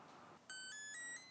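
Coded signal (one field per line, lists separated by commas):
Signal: beep code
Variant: Hobbywing ESC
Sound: a short rising four-note beep melody, each note about a quarter second, after faint hiss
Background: room hiss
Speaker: you just have to wait a little bit longer for a musical sound after those two beeps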